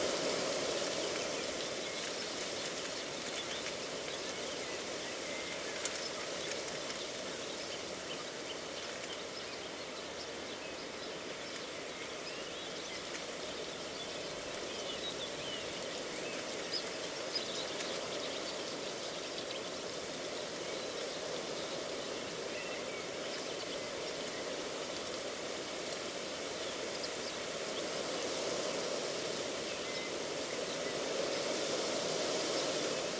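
A reedbed at Slapton Ley in Devon gives a dense, steady hiss and rustle that runs unbroken for the whole stretch, like rain or running water. A few faint bird calls and small ticks come and go, with a slight swell toward the end.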